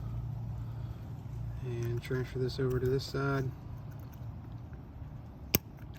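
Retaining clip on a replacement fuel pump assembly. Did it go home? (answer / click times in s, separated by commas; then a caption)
yes / 5.5 s. A retaining clip taken off the old fuel pump of a Jeep Wrangler TJ is moved over to the new replacement fuel pump assembly and pushed in by hand. Someone talks over a low hum, then a single sharp, loud click at 5.5 s marks the clip seating into place.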